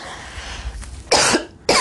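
Two sharp, harsh cough bursts from an adult woman, the second cut off, over faint room noise.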